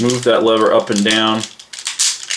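A plastic lever joint on a transforming robot action figure is worked up and down by hand while someone talks. After the talking stops, short sharp rattling clicks are heard near 1.7, 1.9, 2.2 and 2.3 seconds. The lever is still being handled, and nothing has seated or clicked into place yet.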